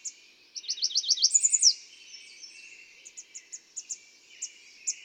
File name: American Redstart